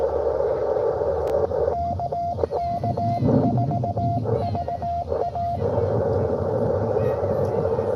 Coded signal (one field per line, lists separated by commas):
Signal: Morse code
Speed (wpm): 16 wpm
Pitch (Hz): 700 Hz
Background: radio noise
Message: KK4VA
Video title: N2AKJ is live at sunken meadow state park us-2147 with w2smf doing pota